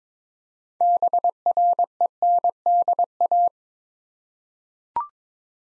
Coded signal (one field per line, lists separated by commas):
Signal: Morse code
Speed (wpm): 22 wpm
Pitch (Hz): 700 Hz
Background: none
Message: BRENDA